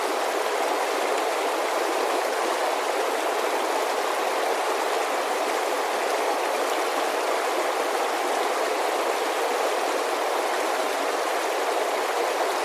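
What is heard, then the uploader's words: An alpine creek rushes steadily, a dense, unbroken hiss and gurgle with bright splashy detail and almost no low rumble. Water Sounds Alpine Creek.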